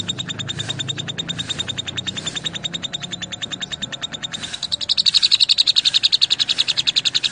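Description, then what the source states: Lovebird producing a long, even, rapid series of high pulsed notes that grow louder and shriller partway through. Lovebird whose call style is described as "konslet".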